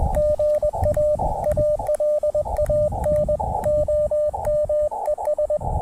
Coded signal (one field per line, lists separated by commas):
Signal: Morse code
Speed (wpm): 21 wpm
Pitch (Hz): 600 Hz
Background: radio noise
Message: GA ALAN OM ES